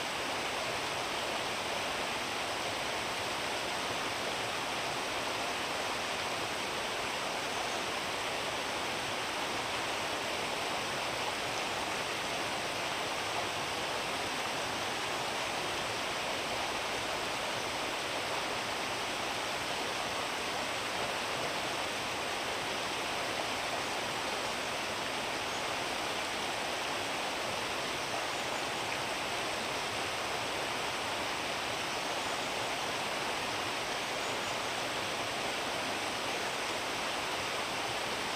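A small brook rushes steadily past icy banks, its water a dense, unbroken hiss and splash. The sound stays constant throughout, bright and full with little low rumble, and no other sounds break through.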